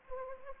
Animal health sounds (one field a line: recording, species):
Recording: mosquito wingbeat signal from an infrared sensor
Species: Anopheles arabiensis